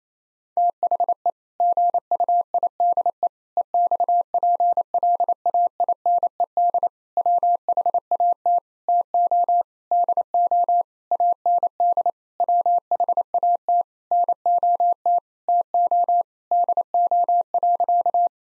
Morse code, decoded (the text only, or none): THE GUIDE EXPLAINED WHAT TO DO AND WHAT NOT TO DO.